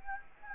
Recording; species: mosquito wingbeat signal from an infrared sensor; Anopheles gambiae